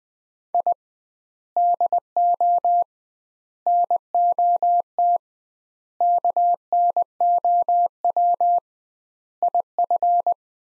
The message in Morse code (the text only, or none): I DO NOT KNOW IF